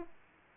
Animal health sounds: mosquito wingbeat signal from an infrared sensor; Aedes aegypti

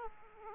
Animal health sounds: mosquito wingbeat signal from an infrared sensor; Aedes aegypti

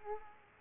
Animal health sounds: mosquito wingbeat signal from an infrared sensor; Aedes aegypti

